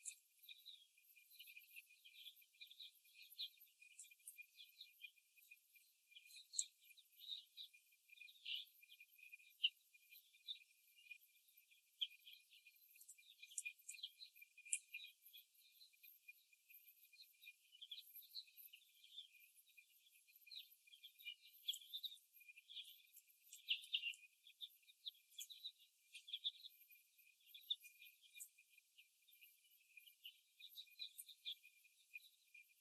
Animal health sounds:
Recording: young laying hens in a cage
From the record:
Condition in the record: before the stressor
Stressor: simulated dog barking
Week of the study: 1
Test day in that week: 2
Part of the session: 1

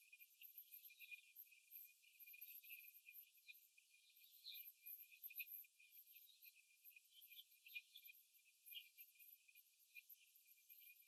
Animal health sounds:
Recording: young laying hens in a cage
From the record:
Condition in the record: after the stressor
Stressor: simulated dog barking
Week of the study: 3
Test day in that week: 2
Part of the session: 2

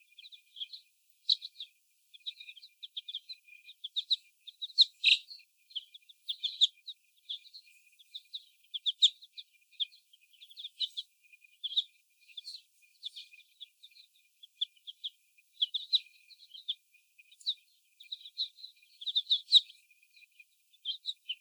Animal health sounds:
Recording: young laying hens in a cage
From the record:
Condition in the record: before the stressor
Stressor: sudden umbrella opening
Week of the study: 1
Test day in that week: 1

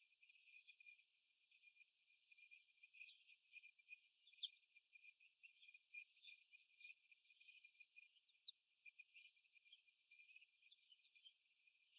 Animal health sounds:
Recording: young laying hens in a cage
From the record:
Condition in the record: after the stressor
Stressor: simulated dog barking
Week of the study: 1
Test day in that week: 1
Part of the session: 1

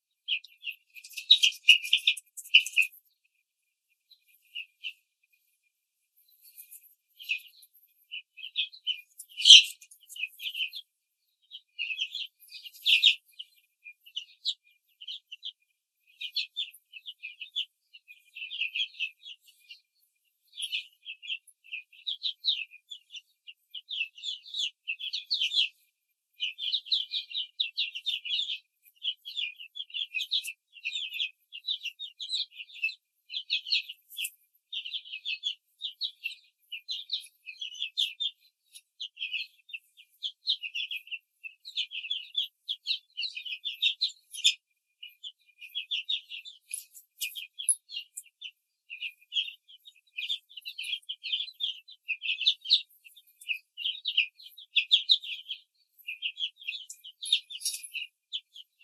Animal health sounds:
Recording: young laying hens in a cage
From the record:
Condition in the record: control cage, after the stress test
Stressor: none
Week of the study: 4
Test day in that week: 1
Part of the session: 3

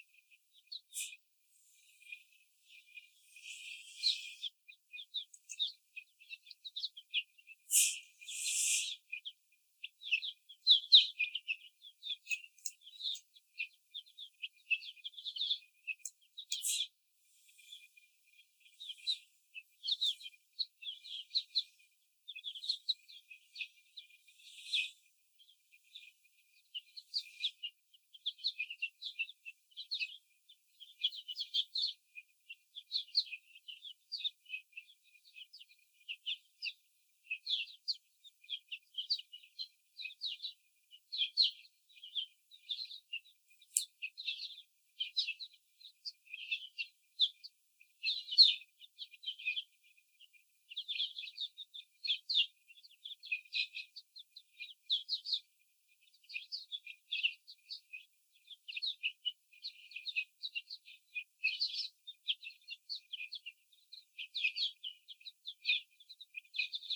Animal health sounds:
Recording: young laying hens in a cage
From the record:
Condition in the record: before the stressor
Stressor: simulated dog barking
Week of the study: 4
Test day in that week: 2

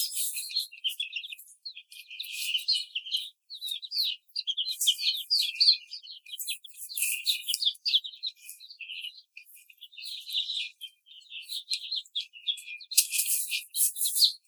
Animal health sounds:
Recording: young laying hens in a cage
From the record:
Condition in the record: treatment cage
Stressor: simulated dog barking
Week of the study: 5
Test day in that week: 1

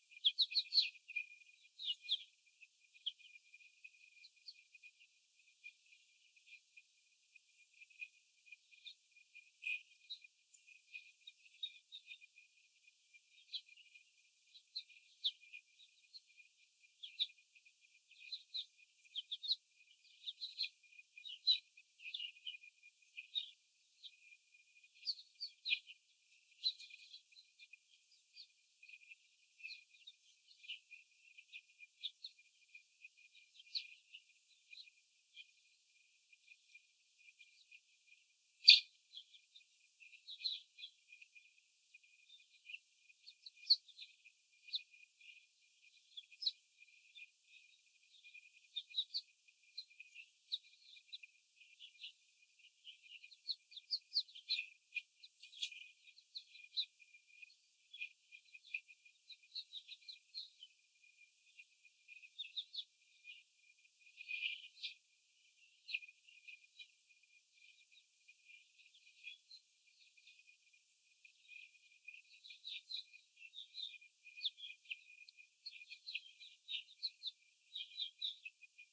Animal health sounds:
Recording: young laying hens in a cage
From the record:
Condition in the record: after the stressor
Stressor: simulated dog barking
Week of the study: 4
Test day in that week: 3

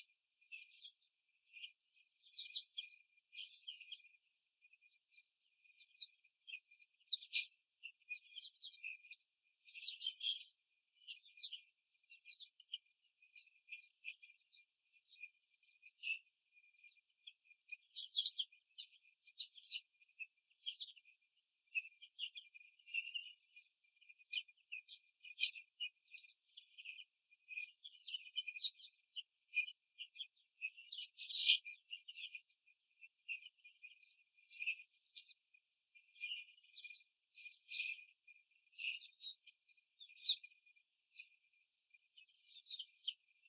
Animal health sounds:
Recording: young laying hens in a cage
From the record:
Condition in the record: before the stressor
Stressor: simulated dog barking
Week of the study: 3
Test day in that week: 1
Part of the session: 4

